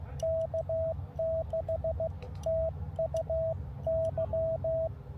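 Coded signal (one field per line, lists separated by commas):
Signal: Morse code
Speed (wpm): 15 wpm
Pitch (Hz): 650 Hz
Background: radio noise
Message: K6TUY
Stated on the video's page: Park activation where conditions prevented contacts.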